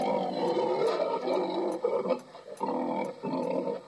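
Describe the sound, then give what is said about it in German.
A pig named Einstein, played from a cassette tape in a recorder, grunts and snorts in a run of rough, low, throaty bursts, fairly loud, broken by a few short pauses, with no talking. “Kann das Schwein auch ganze Sätze formulieren?”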